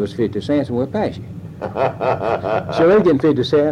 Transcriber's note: laughter